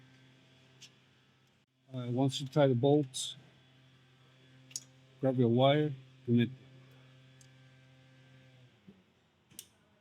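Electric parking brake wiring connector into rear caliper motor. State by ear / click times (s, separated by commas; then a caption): seated / 9.6 s. Someone talks while plugging the electric parking brake motor wire connector back into the rear caliper motor of a 2020 Lexus ES350 after the caliper bolts are tightened, over a steady low hum. A few faint ticks come before a sharp plastic click at 9.6 s, when the connector seats.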